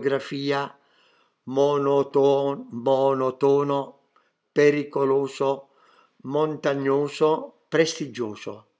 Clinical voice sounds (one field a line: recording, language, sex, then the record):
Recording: read list of words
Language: Italian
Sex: male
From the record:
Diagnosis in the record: healthy control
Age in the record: 77 years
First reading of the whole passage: 68 s, 7.6 characters per second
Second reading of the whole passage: 60 s, 8.3 characters per second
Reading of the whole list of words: 67 s, 4.2 characters per second